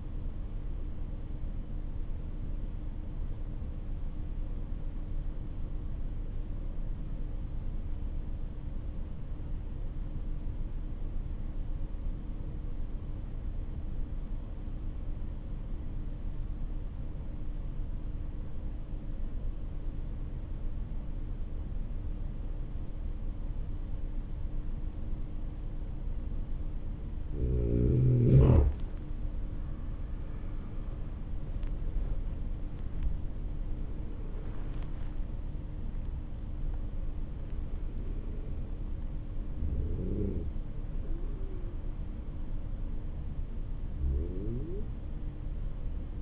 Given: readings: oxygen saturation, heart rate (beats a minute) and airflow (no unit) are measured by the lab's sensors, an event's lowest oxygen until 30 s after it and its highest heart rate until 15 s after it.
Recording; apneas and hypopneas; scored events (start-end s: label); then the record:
breathing in sleep by a smartphone at the bedside; 1
3.00-27.20 s: obstructive apnea (N2, oxygen 96% highest, then 90% lowest, heart rate 51 at the start, 66 highest)
From the record:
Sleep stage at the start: N2 (light sleep); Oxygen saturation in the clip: 90 to 96%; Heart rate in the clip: 49 to 66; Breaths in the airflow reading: 5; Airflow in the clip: -8.9 to 14.2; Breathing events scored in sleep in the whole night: 304 in 5.6 hours asleep